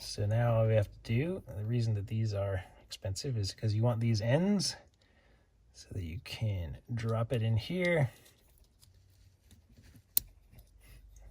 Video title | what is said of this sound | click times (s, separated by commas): How to install DAYTIME RUNNING LIGHTS on a Porsche 986/996 | And you can hear it click, it snaps into place. | 10.2 s